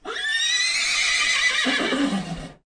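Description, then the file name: Horse neighing, a long shrill whinny with a quavering, harmonic-rich tone that breaks into lower pulses near the end. "cabalo"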